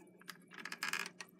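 The plastic lid of an Aqueon QuietFlow E internal aquarium filter is handled and set against the filter housing, making a cluster of light plastic taps and rattles that peak around 0.8 to 1.0 s over a low steady hum. Nothing has seated or clicked into place yet.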